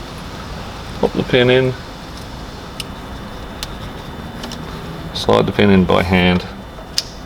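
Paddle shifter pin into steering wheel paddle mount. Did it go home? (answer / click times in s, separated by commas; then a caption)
yes / 7.0 s. The pivot pin of a Racingline paddle shifter for a Golf R, GTI or Polo is pushed by hand into the steering wheel paddle mount while someone talks. Faint ticks come at about 2.8 and 3.6 s, then a sharp click at 7.0 s as the pin clicks and locks in place.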